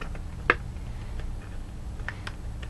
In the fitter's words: there we go all right you hear that sort of snap into place that's our locking mechanism